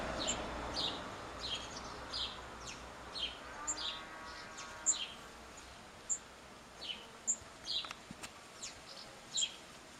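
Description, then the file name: House sparrow chirping, short bright notes repeated nearly twice a second, with a brief buzzing hum midway and sharp high ticks throughout. "Passer domesticus"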